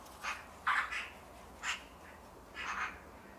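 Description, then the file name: Eurasian magpie uttering a few scattered harsh, rasping squawks, quiet and spaced apart by short pauses. "Pica pica"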